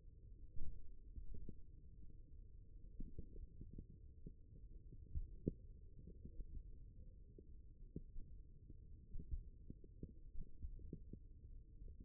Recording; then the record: forearm muscle sounds (acoustic myography)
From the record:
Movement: finger pinch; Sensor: system 1, eight BSWA MPA416 microphones around the upper forearm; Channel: 7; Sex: male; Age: 54 years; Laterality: right